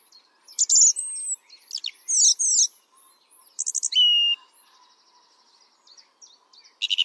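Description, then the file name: Song thrush gives rich, varied song phrases mixing whistles, harsh chatters and rapid buzzy trills, with brief quiet gaps between them. "Pevchij drozd - Pesnya pevchego drozda"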